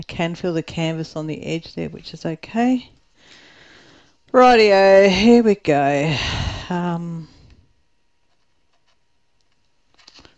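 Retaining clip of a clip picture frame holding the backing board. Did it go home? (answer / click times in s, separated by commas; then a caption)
yes / 10.1 s. A retaining clip of a clip picture frame, holding the backing board over a diamond painting canvas, is pushed while someone talks. After a quiet stretch, it suddenly snaps into place with a sharp click at 10.1 s, and the clip is seated.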